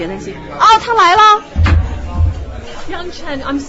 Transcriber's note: Door closing. Bags rustling